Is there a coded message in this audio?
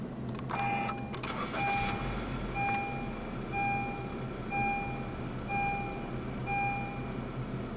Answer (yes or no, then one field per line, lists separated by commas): no